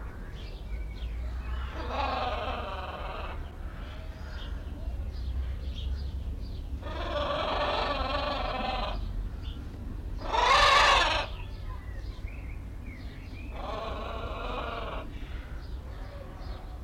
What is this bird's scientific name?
Ara chloropterus